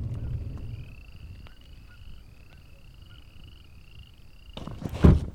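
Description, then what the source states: Frog calls, short rising chirping trills repeated several times over a low rumble, ending with a sudden loud thump. Nighttime auditory frog survey in Wyoming in summer, the mating season; the croaks heard are mating calls, and the callers are all males.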